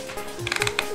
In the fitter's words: you can even hear a satisfying click